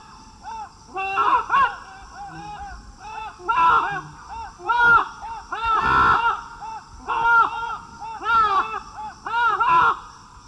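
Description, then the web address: Festive amazon squawking in loud, harsh bursts of arched and rasping notes, some clustered into noisy overlapping calls. South America, eastern lowlands. "Natures Songs S America Eastern Lowlands. Festive Amazon"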